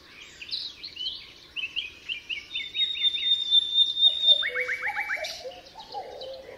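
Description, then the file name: Common nightingale song: clear whistled notes and a pure drawn-out tone, then a quick run of repeated rising slurs and lower warbling phrases. Recorded at Altmühlsee on 27 April 2014. "Nachtigall. Altmuehlsee. Susanne Rieck"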